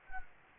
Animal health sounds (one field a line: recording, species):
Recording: mosquito wingbeat signal from an infrared sensor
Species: Anopheles gambiae